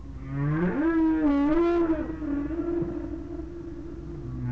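Whale moan, low and drawn out, wavering slightly as it holds for over a second, rich in overtones, trailing into a softer steady hum.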